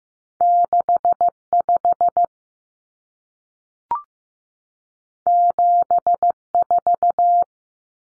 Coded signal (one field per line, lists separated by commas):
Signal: Morse code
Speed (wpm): 15 wpm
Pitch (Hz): 700 Hz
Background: none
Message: 65 74